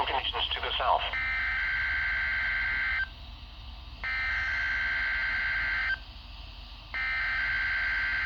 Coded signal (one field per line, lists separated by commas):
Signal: Emergency Alert System (SAME) tones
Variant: header bursts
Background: speech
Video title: Required Weekly Test (11/17/21) (EAS #803)